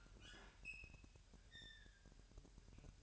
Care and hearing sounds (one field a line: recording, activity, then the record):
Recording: daily activity, microphone in the room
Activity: open fridge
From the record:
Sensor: 2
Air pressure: 1001.8 hPa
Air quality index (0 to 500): 245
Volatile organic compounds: 35 ppm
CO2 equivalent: 3051 ppm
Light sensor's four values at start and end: 8/28/11/10 and 8/28/11/10